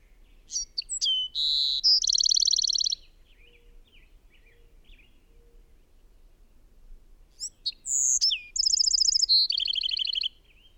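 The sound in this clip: Bird singing two similar phrases separated by a quiet pause, each of quick chirps and whistles followed by fast buzzy trills.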